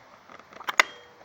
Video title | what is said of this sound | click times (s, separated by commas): 02 beetle mirror blinker | you go, and you're snapped in. | 0.8 s